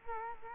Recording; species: mosquito wingbeat signal from an infrared sensor; Culex quinquefasciatus